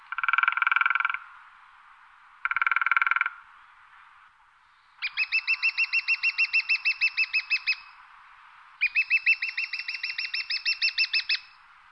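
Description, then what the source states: Lesser spotted woodpecker: two short rattling bursts, then two long series of rapid, thin, evenly repeated kee notes, each lasting about two and a half to three seconds. Sounds less full than its larger woodpecker relatives; lives and breeds in this wilderness area.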